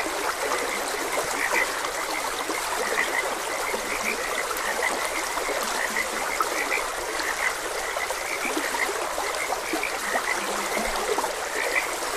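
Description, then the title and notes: Frog chorus of brief, repeated chirping croaks over a continuous bed of flowing, trickling water. Frogs croaking beside a gentle stream. "Frogs Croaking. Sleep and Relaxation Podcast"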